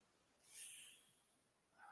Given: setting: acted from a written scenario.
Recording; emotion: vocal sound without words; desire